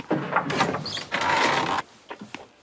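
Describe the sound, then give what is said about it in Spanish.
A house door is opened by someone who has just put down a broom, with a rattle of the latch and a long, scraping creak, followed by a few soft, scattered clicks and taps as it settles. “Deja la escoba y va a abrir la puerta.”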